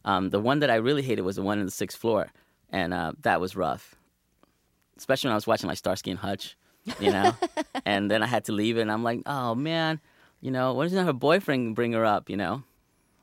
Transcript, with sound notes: The one that I really hated was the one on the sixth floor, and that was rough, especially when I was watching my "Starsky and Hutch," you know.
(laughs)
And then I had to leave, and I'm, like, Oh, man, you know, why doesn't her boyfriend bring her up, you know?